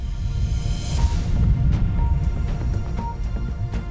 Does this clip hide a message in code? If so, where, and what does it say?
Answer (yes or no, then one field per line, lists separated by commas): no